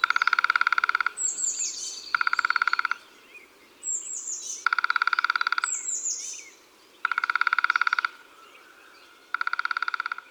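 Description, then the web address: Lesser spotted woodpecker giving five rapid, even series of shrill kee-kee notes, each about a second long, with thin high calls of another bird between series. Recorded in January. "Janvier Le Pic epeichette. les-4-saisons-des-chants-doiseaux"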